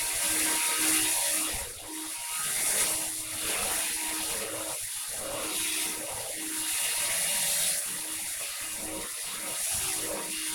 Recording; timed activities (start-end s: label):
household activities, microphone on the right wrist
0.00-10.55 s: vacuum cleaning